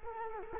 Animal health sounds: mosquito wingbeat signal from an infrared sensor; Culex quinquefasciatus

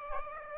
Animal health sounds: mosquito wingbeat signal from an infrared sensor; Aedes aegypti

